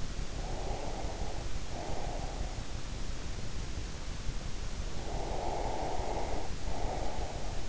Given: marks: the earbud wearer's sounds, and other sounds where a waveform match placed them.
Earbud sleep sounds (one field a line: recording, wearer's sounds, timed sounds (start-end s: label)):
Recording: sounds in sleep by an in-ear microphone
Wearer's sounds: breath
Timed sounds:
0.22-2.64 s: breath
5.15-7.69 s: breath